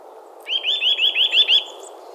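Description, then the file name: Eurasian nuthatch giving a short trill of about seven rapid, upward-slurred notes, lasting about one second, over a steady low background hiss. "Sitta europaea"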